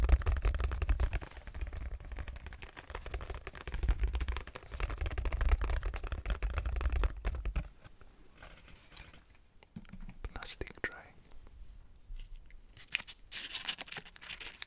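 Someone eats mochi rice cakes, with dense, sticky chewing and low mouth thumps for seven seconds, then quieter, sparser wet clicks and smacks.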